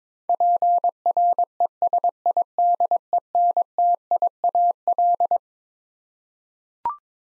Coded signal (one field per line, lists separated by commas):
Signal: Morse code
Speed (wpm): 22 wpm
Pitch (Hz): 700 Hz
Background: none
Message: PRESIDENTIAL